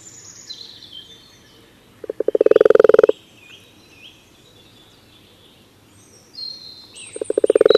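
Common toad giving a fast rattling trill of low pulses, then a long pause with soft birdsong before a second pulsed burst begins at the end.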